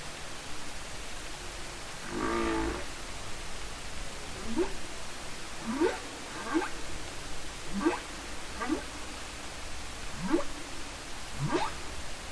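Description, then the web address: Humpback whale singing, with a broad rough blast followed by a series of short rising whoops. "Humpback Whales Songs Sounds Vocalizations Humpback whale song"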